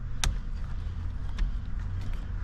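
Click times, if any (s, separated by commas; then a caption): 0.2 s. An ignition key lock cylinder is pushed into the steering column ignition housing of a Hyundai Accent, and its retaining pin gives a sharp, bright click at 0.2 s as it seats. Two fainter ticks follow at about 1.4 s and 2.1 s over a steady low rumble. The cylinder is confirmed seated in the housing.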